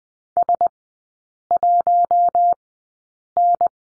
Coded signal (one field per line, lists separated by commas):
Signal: Morse code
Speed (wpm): 20 wpm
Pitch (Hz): 700 Hz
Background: none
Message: S1N